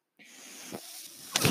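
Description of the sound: Steady airy hiss with a brief low puff and a louder rush at the end: airflow from a home mechanical ventilator.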